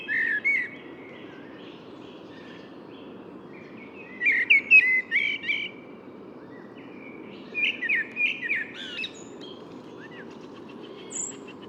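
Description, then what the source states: Common blackbird song: soft warbled phrases with scratchy high twitters, spaced several seconds apart, fairly quiet against constant low background noise. Third blackbird heard that morning; Bois de Vincennes, 6 April 2018.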